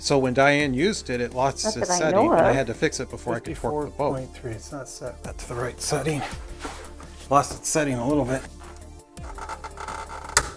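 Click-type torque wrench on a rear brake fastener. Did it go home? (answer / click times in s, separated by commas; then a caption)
yes / 10.4 s. Someone talks while the setting on a click-type torque wrench is checked and corrected, and the wrench is then pulled on a rear brake fastener. It releases with a sharp click at 10.4 s, confirming it reached its set torque.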